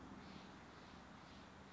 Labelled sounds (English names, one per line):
Steller's Jay